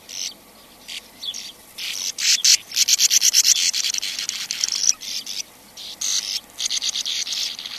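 Sand martin rasping calls: scattered buzzes, then a rapid run of short harsh notes, fading and returning in shorter bursts.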